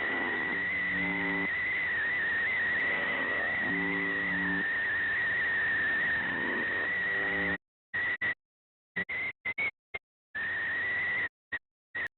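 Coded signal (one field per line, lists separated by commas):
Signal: channel marker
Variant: UVB-76, whistle variant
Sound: continuous wavering whistle over hiss, with short low buzzes every few seconds, then cutting out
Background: radio static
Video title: увб 76 какой-то свист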